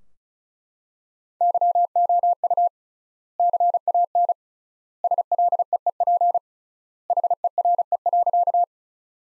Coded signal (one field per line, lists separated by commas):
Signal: Morse code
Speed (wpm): 34 wpm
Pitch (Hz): 700 Hz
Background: none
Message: YOU CAN SLEEP HERE.